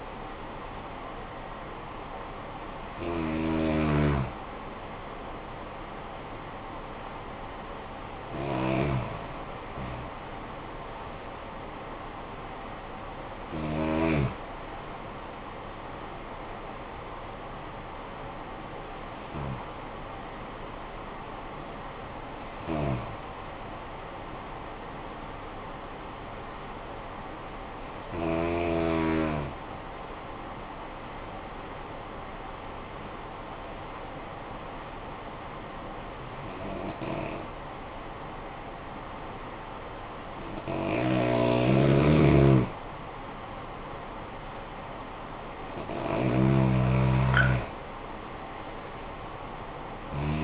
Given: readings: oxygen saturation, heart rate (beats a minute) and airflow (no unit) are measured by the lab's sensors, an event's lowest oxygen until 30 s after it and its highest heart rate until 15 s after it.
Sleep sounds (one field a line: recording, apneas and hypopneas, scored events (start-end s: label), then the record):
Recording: breathing in sleep by a voice recorder at the bedside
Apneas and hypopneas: 1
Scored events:
15.00-44.40 s: hypopnea (N1, oxygen 96% highest, then 88% lowest, heart rate 55 at the start, 63 highest)
From the record:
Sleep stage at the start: N1 (lightest sleep)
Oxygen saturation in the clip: 89 to 96%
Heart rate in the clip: 50 to 55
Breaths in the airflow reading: 10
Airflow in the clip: -9.9 to 9.8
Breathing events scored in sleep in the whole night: 445 in 7.6 hours asleep